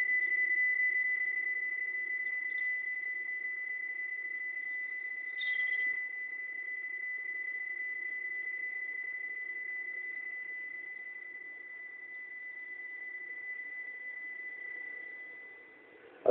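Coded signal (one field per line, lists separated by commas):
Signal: PSK31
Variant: BPSK31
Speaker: the first mode will be psk31 more precisely the mode is B psk31 for binary phase shift King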